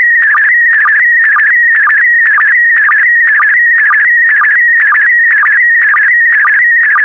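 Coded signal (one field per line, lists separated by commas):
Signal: SSTV (slow-scan television)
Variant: PD120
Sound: warbling tone around 1.9 kHz with a short low blip about twice a second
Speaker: the next image transmission will start in 10 seconds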